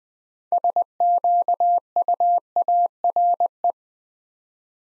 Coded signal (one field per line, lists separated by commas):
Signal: Morse code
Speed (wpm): 20 wpm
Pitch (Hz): 700 Hz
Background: none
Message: SQUARE